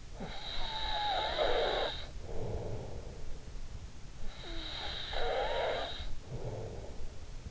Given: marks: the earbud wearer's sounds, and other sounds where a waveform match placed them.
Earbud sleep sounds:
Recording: sounds in sleep by an in-ear microphone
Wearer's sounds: snoring breath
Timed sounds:
0.00-3.71 s: snoring breath
4.02-7.43 s: snoring breath

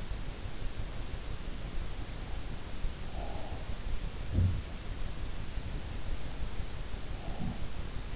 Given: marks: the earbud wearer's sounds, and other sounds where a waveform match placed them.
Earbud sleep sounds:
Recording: sounds in sleep by an in-ear microphone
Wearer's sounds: breath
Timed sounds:
2.85-4.06 s: breath
4.06-5.35 s: sound from someone else or the room
6.88-8.16 s: sound from someone else or the room

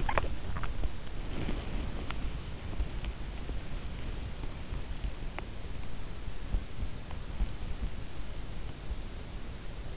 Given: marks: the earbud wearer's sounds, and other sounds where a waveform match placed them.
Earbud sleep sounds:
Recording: sounds in sleep by an in-ear microphone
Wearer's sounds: teeth grinding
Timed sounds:
0.00-0.80 s: teeth grinding
1.99-2.31 s: teeth grinding

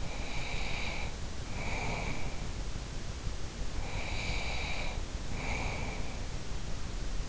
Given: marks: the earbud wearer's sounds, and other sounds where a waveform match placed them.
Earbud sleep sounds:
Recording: sounds in sleep by an in-ear microphone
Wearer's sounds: breath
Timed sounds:
0.00-2.44 s: breath
3.66-6.49 s: breath

